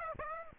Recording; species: mosquito wingbeat signal from an infrared sensor; Aedes aegypti